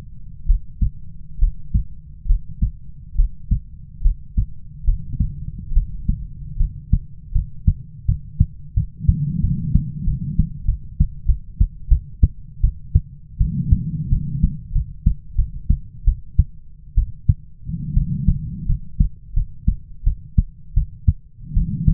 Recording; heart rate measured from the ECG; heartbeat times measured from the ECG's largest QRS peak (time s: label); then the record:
heart sounds by stethoscope; 80 bpm
0.46 s: heartbeat
1.39 s: heartbeat
2.26 s: heartbeat
3.15 s: heartbeat
4.02 s: heartbeat
4.84 s: heartbeat
5.73 s: heartbeat
6.57 s: heartbeat
7.32 s: heartbeat
8.05 s: heartbeat
8.74 s: heartbeat
9.41 s: heartbeat
10.04 s: heartbeat
10.66 s: heartbeat
11.26 s: heartbeat
11.89 s: heartbeat
12.61 s: heartbeat
13.38 s: heartbeat
14.10 s: heartbeat
14.73 s: heartbeat
15.36 s: heartbeat
16.05 s: heartbeat
16.95 s: heartbeat
17.94 s: heartbeat
18.66 s: heartbeat
19.34 s: heartbeat
20.04 s: heartbeat
20.74 s: heartbeat
21.54 s: heartbeat
From the record:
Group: healthy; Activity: breath hold 0-4 s, rest 4-22 s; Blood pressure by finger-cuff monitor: 109/69 mmHg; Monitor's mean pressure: 83 mmHg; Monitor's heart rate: 81 bpm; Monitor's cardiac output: 6.7 L/min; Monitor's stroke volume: 86 mL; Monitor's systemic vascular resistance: 950 dyn s/cm5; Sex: female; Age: 22 years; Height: 157 cm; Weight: 47.6 kg